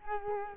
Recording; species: mosquito wingbeat signal from an infrared sensor; Culex quinquefasciatus